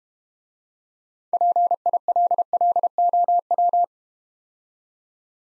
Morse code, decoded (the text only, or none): PILLOW